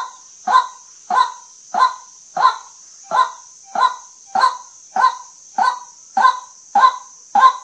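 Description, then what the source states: White-breasted waterhen repeating a rough, nasal croak at a regular pace, about a dozen notes, while a continuous high whine runs underneath. Lure calls used for night hunting.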